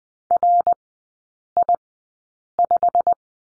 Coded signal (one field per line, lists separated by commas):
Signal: Morse code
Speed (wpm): 20 wpm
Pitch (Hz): 700 Hz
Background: none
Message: RI5